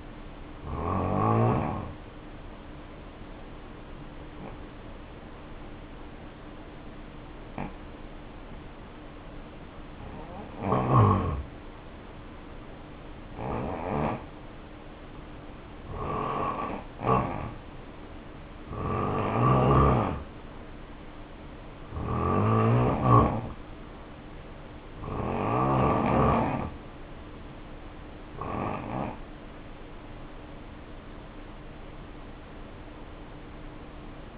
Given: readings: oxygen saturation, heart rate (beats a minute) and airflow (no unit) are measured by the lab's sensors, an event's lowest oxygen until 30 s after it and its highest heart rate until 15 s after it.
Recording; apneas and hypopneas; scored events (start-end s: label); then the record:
breathing in sleep by a voice recorder at the bedside; 1
3.00-21.00 s: hypopnea (N1, oxygen 93% highest, then 84% lowest, heart rate 59 at the start, 67 highest)
From the record:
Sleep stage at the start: N1 (lightest sleep); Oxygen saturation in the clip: 85 to 93%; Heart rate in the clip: 57 to 67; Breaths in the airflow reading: 7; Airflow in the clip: -2.5 to 3.7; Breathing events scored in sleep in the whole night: 520 in 7.2 hours asleep